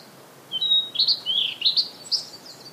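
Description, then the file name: Blue-and-white flycatcher singing a quick phrase of high whistles, mixing drawn-out notes with short warbled ones that step up and down. "oruri"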